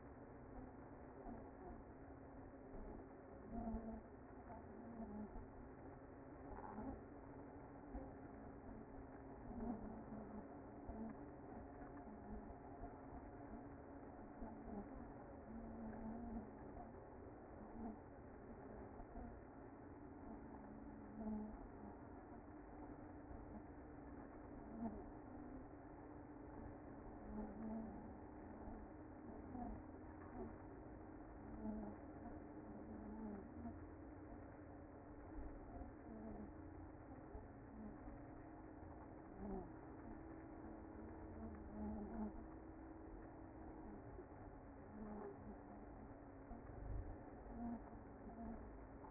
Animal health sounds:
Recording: honeybee colony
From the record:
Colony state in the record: active

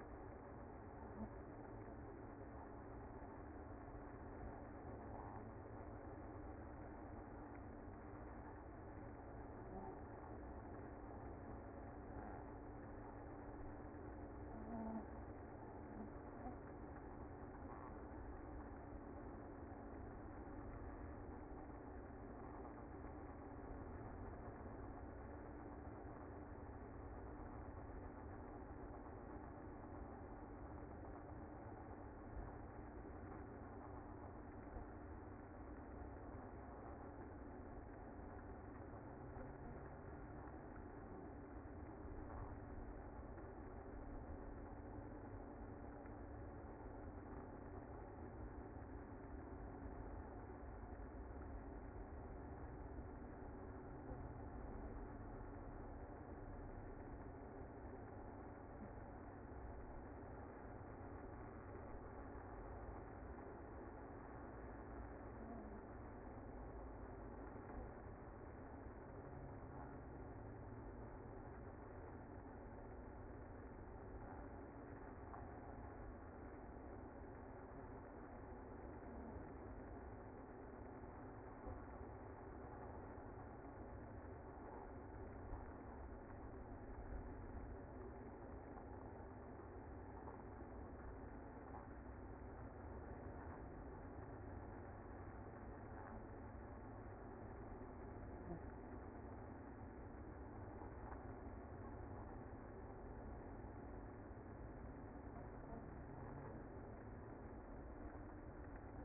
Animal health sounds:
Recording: honeybee colony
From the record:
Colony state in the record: active

